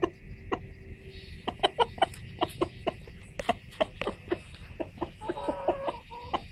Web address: como el gallo convoca a las gallinas